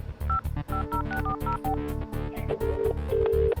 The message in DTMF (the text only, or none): 550640